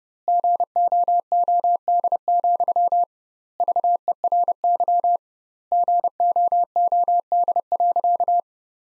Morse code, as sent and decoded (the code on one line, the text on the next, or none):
--. --- --- -.. --..-- / ...- . .-. -.-- / --. --- --- -.. .-.-.-
GOOD, VERY GOOD.